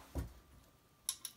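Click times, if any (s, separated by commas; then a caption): 1.1 s. A threaded metal valve cap is turned backwards on a trumpet valve casing until its threads drop into alignment with a small, bright click at 1.1 s, so it can then be screwed on. A dull low thump comes first, near 0.2 s, and two fainter ticks follow at about 1.2 s and 1.4 s. The cap's threads are seated and engaged.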